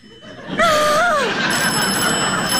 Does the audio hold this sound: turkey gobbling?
no